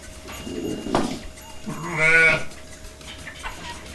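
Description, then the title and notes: Sheep bleating: one long, wavering, nasal bleat near the middle, with a softer low sound just before and faint clatter around it. Field recording in a sheepfold at Gramaços, Oliveira do Hospital, during the daily milking of about 30 sheep. "ordenha (gramaços, oliveira do hospital). Ovelhas # 2 (Ordenha). gravacao de campo num redil de ovelhas, em gramacos, oliveira do hospital, aquando da ordenha diaria a cerca de 30 ovelhas"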